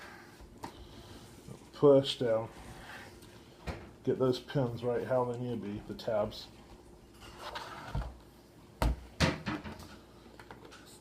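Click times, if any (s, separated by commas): none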